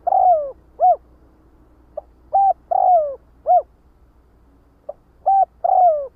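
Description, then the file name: Spotted dove cooing in repeated phrases: short clipped coos followed by a longer, falling, drawn-out coo, three phrases in about six seconds, with a faint low hum beneath. Calling the flock. "Tieng cu dat goi bay"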